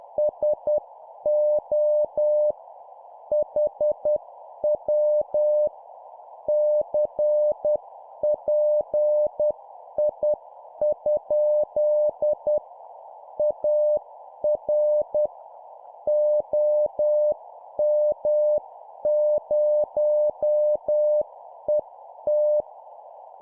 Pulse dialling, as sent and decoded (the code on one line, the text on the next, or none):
none